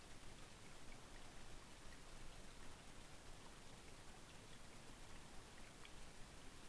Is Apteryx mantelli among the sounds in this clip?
no